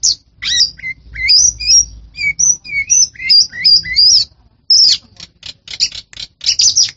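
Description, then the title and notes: Oriental magpie-robin singing, varied whistled phrases with sweet slurred notes and sharp high chips, a brief pause, then a run of rapid scratchy notes. Champion (juara) songbird singing. "Kicau Burung Kacer Juara. Suara Kicauan Burung Kacer Juara"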